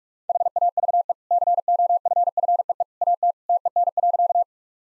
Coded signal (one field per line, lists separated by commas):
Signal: Morse code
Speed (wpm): 44 wpm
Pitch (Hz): 700 Hz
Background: none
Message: HAVE COFFEE AT TEN.